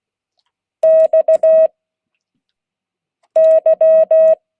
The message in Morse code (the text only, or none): X Y